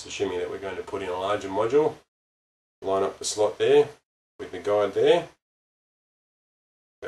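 Someone talks while a memory module is lined up for a Toshiba Portege R500 laptop, its notch matched to the key in the SO-DIMM slot and held at about 45 degrees. Only speech is heard, in bursts separated by silent gaps. The module is not yet pushed in, and nothing has seated or clicked yet.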